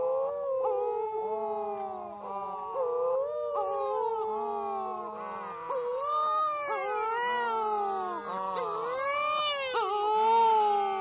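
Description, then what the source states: Wedge-tailed shearwaters giving loud, wavering moans from several birds at once, with higher, excited wailing swelling up in the second half. Wedge-tailed shearwaters calling, Western Australia.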